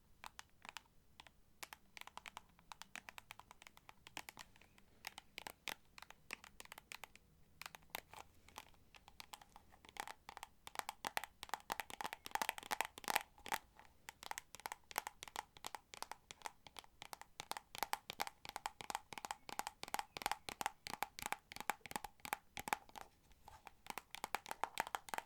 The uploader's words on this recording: ASMR Tapping To Help You Sleep (No Talking).